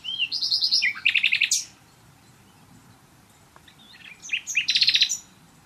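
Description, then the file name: Common nightingale song in two loud bursts of rapid, repeated chattering notes, separated by a quiet gap with a few soft notes. "Luscinia megarhynchos"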